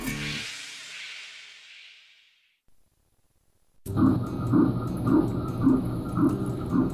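After a fading whoosh and brief silence, rhythmic whooshing ultrasound pulses near 110 a minute: the fetal heartbeats of triplet boys.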